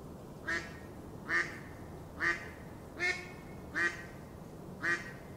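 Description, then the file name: Mallard giving six rasping quacks, spaced a little under a second apart, each short and nasal against a quiet background. "mallard duck sound"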